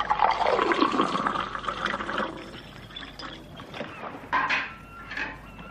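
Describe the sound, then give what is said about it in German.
Drinking water pours into a container in a loud, steady rush that gradually tapers into gurgling and trickling, with a couple of brief splashy surges near the end. “Hoffentlich fallen ein paar Groschen für den ab, der das Wasser reinschleppen muss.”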